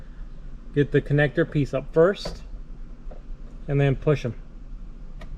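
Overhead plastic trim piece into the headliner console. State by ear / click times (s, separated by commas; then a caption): seated / 5.2 s. Someone talks while working on a Porsche 911, feeding the harness and connector back up before pushing the overhead plastic trim piece up into the headliner console. A faint tap comes at 3.1 s, then a short, sharp click at 5.2 s as the trim piece seats back into place.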